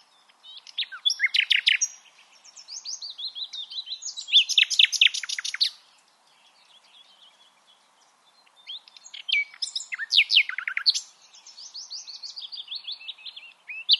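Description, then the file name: Common nightingale delivering two long song phrases separated by a brief silence, each mixing rapid rattles, buzzy bursts and slurred descending whistles. "Luscinia megarhynchos"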